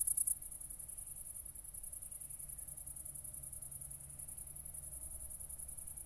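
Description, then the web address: Cricket song, a high shrill band that is loud for a moment at the start, then continues softer and steady, with a low background rumble. Recorded at night, around 00:53, on 4 August 2014 at Nordring, Kirchmöser, Brandenburg, Germany. "aporee City Country Me Brandenburg Kirchmoeser Nordring Grillen 201408040053 OLBIN"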